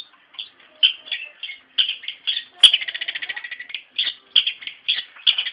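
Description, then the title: Bird song: busy high chirps and twitters, with a fast rattling trill in the middle before the chirped phrases resume. "Kicau Burung"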